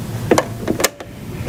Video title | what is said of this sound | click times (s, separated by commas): How Do I Use a Sashiko Machine? | You want to hear that click to know that it's in there. | 0.3 s, 0.4 s